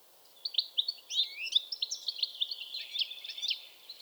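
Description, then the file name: European goldfinch song, a continuous rapid chatter of high, tinkling and slurred notes. "Carduelis carduelis"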